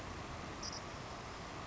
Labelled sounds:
Savannah Sparrow (Passerculus sandwichensis)
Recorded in Sonoma County, California

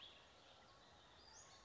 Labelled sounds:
Western Flycatcher (Empidonax difficilis)
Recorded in Sonoma County, California

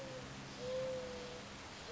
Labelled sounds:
Mourning Dove (Zenaida macroura)
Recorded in Sonoma County, California

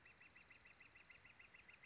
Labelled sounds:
Northern Flicker (Colaptes auratus)
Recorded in Sonoma County, California

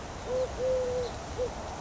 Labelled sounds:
Eurasian Collared Dove (Streptopelia decaocto)
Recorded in Sonoma County, California

